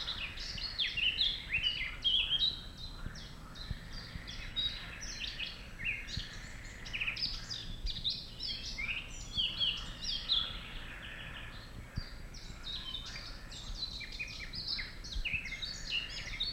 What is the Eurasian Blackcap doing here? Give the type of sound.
song